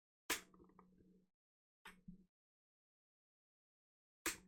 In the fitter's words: it snaps. I don't know if you guys can hear that, but it like snaps when you put it down.